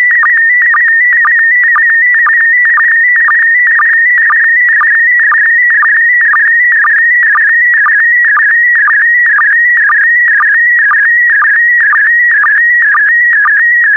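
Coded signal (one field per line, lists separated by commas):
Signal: SSTV (slow-scan television)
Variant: PD120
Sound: continuous warbling tone around 2 kHz with a steady chirping sync pulse twice a second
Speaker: Five, four, three, two, one. Transmission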